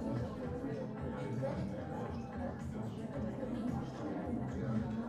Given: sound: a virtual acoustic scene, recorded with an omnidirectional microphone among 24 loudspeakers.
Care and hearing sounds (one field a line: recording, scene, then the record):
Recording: noise of the scene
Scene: pub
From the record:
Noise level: 74 dB SPL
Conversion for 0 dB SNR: 1.6 dB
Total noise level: 75.6 dB SPL